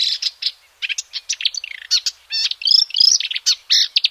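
Marsh warbler song, a fast, varied jumble of scratchy notes, buzzes, trills and clear whistles that run on without pause.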